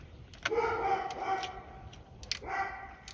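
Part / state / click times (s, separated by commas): shift paddle signal connector into steering wheel harness socket / seated / 0.5 s, 2.3 s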